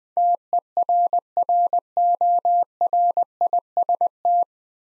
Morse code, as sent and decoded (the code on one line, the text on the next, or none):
- . .-. .-. --- .-. .. ... -
TERRORIST